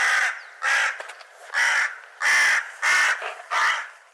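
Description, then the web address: Bird calls: six loud, harsh caws spaced roughly every half second to second, each short and raspy with a broad, noisy tone. "cianscape birddata Deverinetal 2025 Bird"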